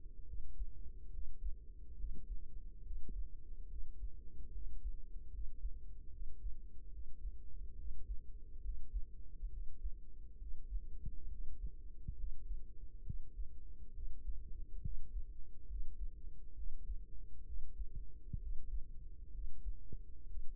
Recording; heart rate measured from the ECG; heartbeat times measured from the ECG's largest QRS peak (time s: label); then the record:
heart sounds by microphone in the right ear; 69 bpm
0.24 s: heartbeat
1.09 s: heartbeat
1.95 s: heartbeat
2.81 s: heartbeat
3.67 s: heartbeat
4.50 s: heartbeat
5.29 s: heartbeat
6.09 s: heartbeat
6.90 s: heartbeat
7.74 s: heartbeat
8.60 s: heartbeat
9.48 s: heartbeat
10.37 s: heartbeat
11.27 s: heartbeat
12.14 s: heartbeat
13.02 s: heartbeat
13.91 s: heartbeat
14.80 s: heartbeat
15.66 s: heartbeat
16.53 s: heartbeat
17.43 s: heartbeat
18.38 s: heartbeat
19.30 s: heartbeat
20.25 s: heartbeat
From the record:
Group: healthy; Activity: rest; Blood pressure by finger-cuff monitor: 140/88 mmHg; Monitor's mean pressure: 107 mmHg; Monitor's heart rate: 68 bpm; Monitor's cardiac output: 5.4 L/min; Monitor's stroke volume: 78 mL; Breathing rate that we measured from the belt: 18 breaths a minute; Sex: male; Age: 35 years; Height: 178 cm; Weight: 64 kg